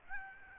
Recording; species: mosquito wingbeat signal from an infrared sensor; Aedes albopictus